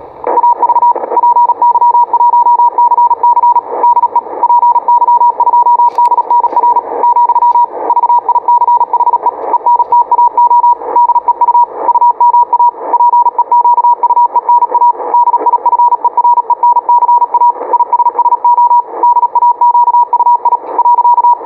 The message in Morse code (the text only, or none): AV PY1CC DE PY2DNR , VICHE ENTAO DEU UMA PEQUENA DIFERENCA ISSO DAQUI .